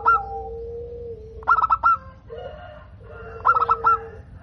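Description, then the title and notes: Dove cooing: a long low steady note, then a staccato burst of several quick pulsed coos, a brief warbling sound, and another stuttering burst. Local bird, described as singing readily and with a clear, loud, crystal-toned voice. "PERKUTUT LOKAL GACOR Suara KRISTAL LANTANG. Kicau Burung Perkutut"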